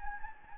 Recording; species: mosquito wingbeat signal from an infrared sensor; Anopheles gambiae